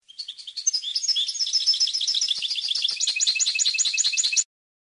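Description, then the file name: European goldfinch song, a fast, liquid twittering of tinkling notes and buzzy trills that runs without a break for about four seconds. "audio burung goldfinch"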